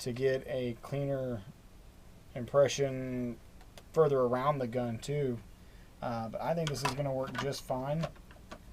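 Someone talks while handling a handgun and a freshly molded kydex holster shell, with a faint sharp sound near the end. The handgun has not yet snapped into the holster's retention; nothing has seated or clicked yet.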